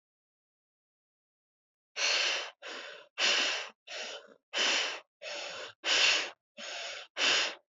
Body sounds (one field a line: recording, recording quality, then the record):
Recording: shallow breathing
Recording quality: excellent, no background noise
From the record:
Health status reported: healthy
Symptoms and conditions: none ticked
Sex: female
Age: 25 years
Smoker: not ticked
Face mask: not worn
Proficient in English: yes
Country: India